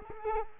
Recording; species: mosquito wingbeat signal from an infrared sensor; Culex quinquefasciatus